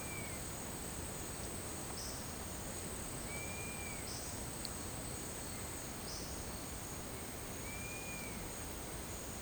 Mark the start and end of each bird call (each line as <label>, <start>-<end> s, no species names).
bird call, 1.94-2.21 s
bird call, 3.25-4.50 s
bird call, 6.03-6.39 s
bird call, 7.67-8.56 s